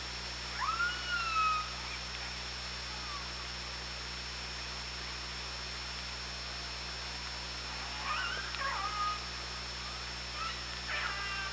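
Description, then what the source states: Killer whale pulsed calls underwater, upswept and then level tones near the start, then a cluster of shorter wavering calls after eight seconds, over steady hydrophone hum and hiss. Recorded on the OrcaLab hydrophone, 24 August 2017, 18:05.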